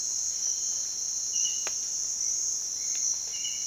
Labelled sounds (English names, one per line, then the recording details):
Bright-rumped Attila
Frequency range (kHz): Bright-rumped Attila 1.6-2.4 kHz
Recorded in dense forest near Puerto Asís, Putumayo, Colombia, on 19 February 2024 at 07:00
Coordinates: 0.466, -76.327
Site G6413